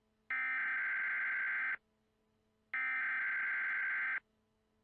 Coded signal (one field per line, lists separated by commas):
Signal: Emergency Alert System (SAME) tones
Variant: header bursts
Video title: EAS ALERT PRANK (STAR WARS ATTACK)